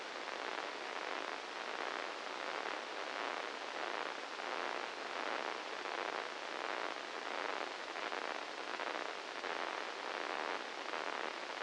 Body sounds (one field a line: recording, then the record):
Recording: brain microelectrode recording played as sound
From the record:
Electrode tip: inside the subthalamic nucleus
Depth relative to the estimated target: -3 mm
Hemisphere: right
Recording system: NeuroSet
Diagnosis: Parkinson's disease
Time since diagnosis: 10 years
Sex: male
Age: 56 years